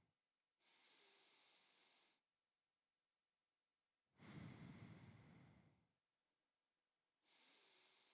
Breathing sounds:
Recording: nose breathing near a microphone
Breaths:
0.00-0.40 s: exhalation
0.40-2.40 s: inhalation
3.95-5.90 s: exhalation
7.05-8.14 s: inhalation
From the record:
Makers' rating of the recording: medium

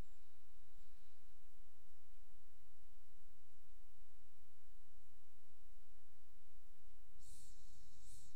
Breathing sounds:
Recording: nose breathing near a microphone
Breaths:
0.00-2.19 s: inhalation
6.79-8.36 s: exhalation
From the record:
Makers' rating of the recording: medium

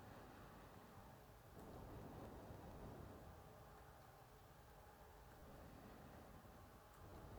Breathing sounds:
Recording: nose breathing near a microphone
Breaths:
0.00-1.47 s: inhalation
1.47-3.65 s: exhalation
5.19-6.81 s: inhalation
6.81-7.39 s: exhalation
From the record:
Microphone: phone

